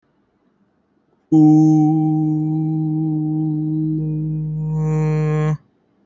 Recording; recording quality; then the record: sustained vowel as in boot; excellent, no background noise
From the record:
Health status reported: respiratory illness, not identified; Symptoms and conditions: fever, hypertension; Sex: male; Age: 26 years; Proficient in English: yes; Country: India